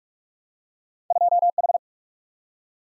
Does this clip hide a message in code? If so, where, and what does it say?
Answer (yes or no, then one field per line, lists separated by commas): yes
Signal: Morse code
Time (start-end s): 1.1-1.8 s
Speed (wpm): 43 wpm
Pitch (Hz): 700 Hz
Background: none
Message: 2H